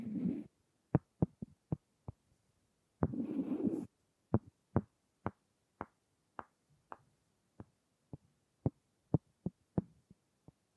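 Wood triggers: crisp, sharp taps on wood repeat at a fairly steady pace, roughly two per second. Two short bursts of low, rough rubbing break in, one at the very start and another around three seconds. Between the taps it is quiet.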